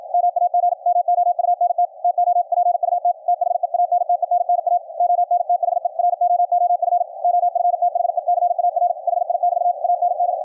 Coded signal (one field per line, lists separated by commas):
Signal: Morse code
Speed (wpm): 53 wpm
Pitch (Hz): 710 Hz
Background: radio noise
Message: MAG MOUNT TO PUT THE ANTENNA ON THE ROOF OF THE CAR HI<BT> AND